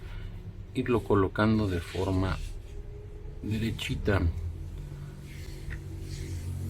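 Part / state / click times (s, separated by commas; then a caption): internal part pressed into a pistol frame / seated / 5.7 s. While reassembling a Taurus PT58 HC Plus pistol after a refinishing coat, an internal part is lined up and pressed straight into the pistol frame so that it locks. Someone talks, then a short click at 5.7 s marks the part snapping into place and seating.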